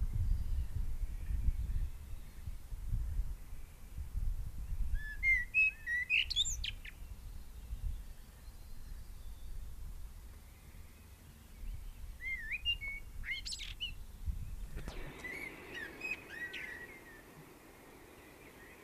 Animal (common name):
Common Blackbird